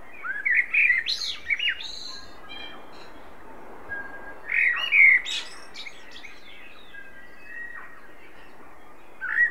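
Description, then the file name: Common blackbird warbling in two short phrases of fluty whistles and high chips, set against noticeable background hiss. "Turdus merula"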